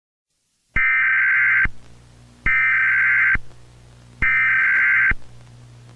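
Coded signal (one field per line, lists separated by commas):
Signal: Emergency Alert System (SAME) tones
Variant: header bursts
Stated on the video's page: Recreated nuclear-war EAS scenario, not a real alert.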